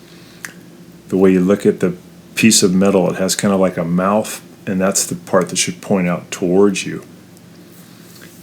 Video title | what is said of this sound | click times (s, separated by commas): ✨ FRIDGIDAIRE STOVE BURNERS NOT HEATING UP—EASY FIX ✨ | of the stove and it just clicks right on top the | 0.4 s